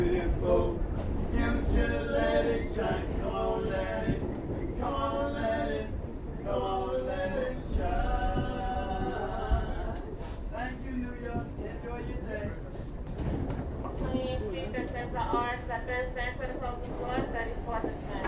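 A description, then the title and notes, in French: A New York recording of people talking over the steady low rumble of a train or subway car. Several voices overlap almost continuously, rising and falling in bursts throughout the eighteen seconds, while the heavy rolling noise underneath stays constant and dense. Sons captés lors de mon séjour New Yorkais.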